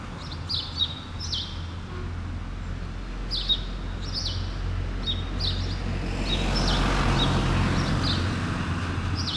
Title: Rue Keyenveld, Ixelles, Bruxelles-Capitale, Belgique - Sparrows - moineaux